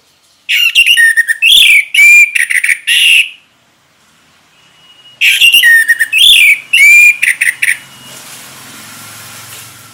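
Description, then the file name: Orange-headed thrush song in two loud bursts of varied whistles and harsh notes, with a quiet pause between. Orange-headed thrush singing in the Indonesian ngeplong style, described as gacor (singing persistently). "anis merah gacor ngeplong"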